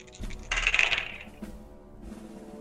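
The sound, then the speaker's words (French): Six dice each are rolled in a Degenesis role-playing game session, clattering and rattling across a hard surface in a bright, sustained burst, followed by a few softer clicks as they settle. No one speaks. “Alors, donc 6 dés chacun.”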